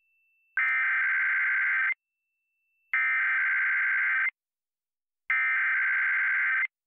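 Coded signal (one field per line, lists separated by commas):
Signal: Emergency Alert System (SAME) tones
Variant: header bursts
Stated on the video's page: Required monthly test relayed by a TV station, recorded with a USB tuner directly off air via an HD TV antenna.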